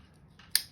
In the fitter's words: and two clicks.